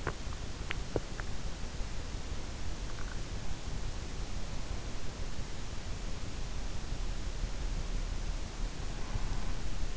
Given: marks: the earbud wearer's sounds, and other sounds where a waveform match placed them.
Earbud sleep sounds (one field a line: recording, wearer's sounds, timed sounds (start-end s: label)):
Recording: sounds in sleep by an in-ear microphone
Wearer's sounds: swallowing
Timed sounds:
0.00-1.39 s: swallowing